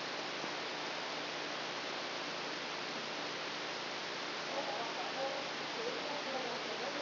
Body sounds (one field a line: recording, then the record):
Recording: brain microelectrode recording played as sound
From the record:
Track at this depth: inside the subthalamic nucleus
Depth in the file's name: 2.51 mm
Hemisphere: left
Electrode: 2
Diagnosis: Parkinson's disease